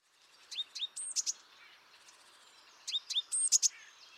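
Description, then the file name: Great tit uttering two bursts of high, sharp notes, about two and a half seconds apart. "Parus major"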